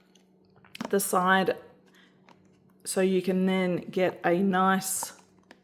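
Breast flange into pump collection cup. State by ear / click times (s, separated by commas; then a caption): not seated / none. A silicone/plastic breast flange for a Momcozy V2 breast pump is handled against its collection cup, lined up with the cup opening while its side is lifted, as someone talks over faint handling ticks. Nothing has seated or clicked yet; the flange has not popped into place on the cup.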